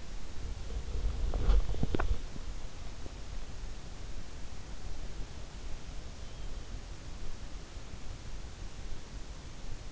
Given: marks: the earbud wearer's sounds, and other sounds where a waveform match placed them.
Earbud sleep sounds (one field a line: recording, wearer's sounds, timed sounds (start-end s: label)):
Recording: sounds in sleep by an in-ear microphone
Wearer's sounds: swallowing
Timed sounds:
0.00-2.84 s: swallowing